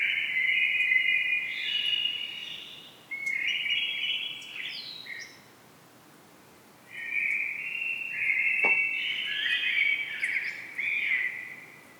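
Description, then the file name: Common blackbird singing mellow warbled phrases with high twittering endings, separated by a quiet pause of about two seconds. "Turdus merula"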